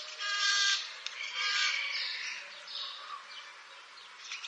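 Eurasian jay uttering two rough, noisy screeches in the first two seconds, then fainter scratchy sounds.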